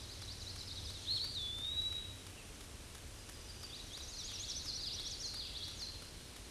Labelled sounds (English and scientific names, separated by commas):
Eastern Wood-Pewee (Contopus virens) song